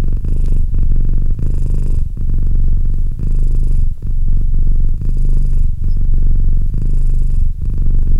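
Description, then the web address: Domestic cat purr, a deep continuous rumble rising and falling with breathing, with brief quiet gaps between breaths. "Cat Purr 201308 Cat purr"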